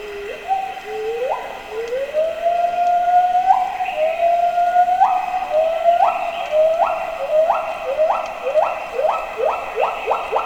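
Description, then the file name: Pileated gibbon great call: whooping notes that rise in pitch, coming faster and faster until they run together near the end. South-east Thailand. "H -Pileatus-Pileated-giboon-SE-Thailand"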